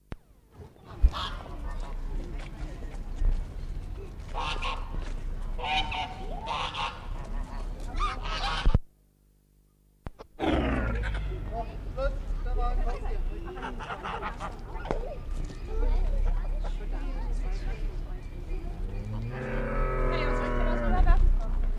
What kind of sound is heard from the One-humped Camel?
call